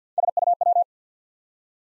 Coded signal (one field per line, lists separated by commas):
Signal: Morse code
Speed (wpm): 50 wpm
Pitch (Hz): 700 Hz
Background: none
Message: SUW